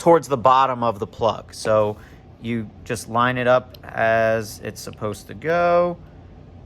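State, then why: Not seated. A two-pin wire harness plug is lined up with the outlet on a control panel, ready to be pushed in, while someone talks throughout. No click or impact sound is heard, and the plug has not seated yet.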